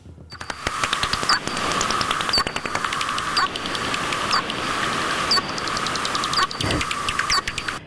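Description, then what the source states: Bat echolocation calls, slowed down, heard as a steady train of sharp clicks and ticks with brief downward sweeps roughly once a second. Hunting calls made in flight for orientation, the echoes sensing surroundings such as a wall or a tree; slowed down so humans can hear them.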